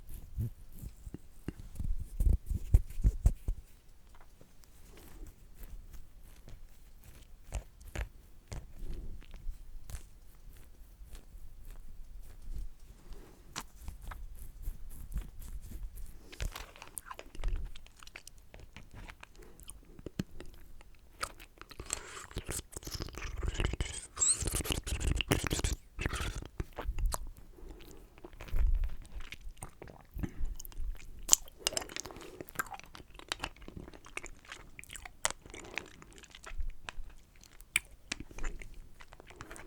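Lollipop and mouth sounds: irregular wet clicks, crunches and sucking noises come in bursts, densest early on and again around twenty-five seconds.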